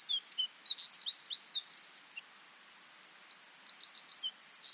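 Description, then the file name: Eurasian wren singing sharp, very high, rapid notes and a trill, pausing briefly before another energetic burst. "Troglodytes troglodytes"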